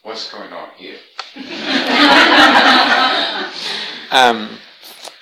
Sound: laughter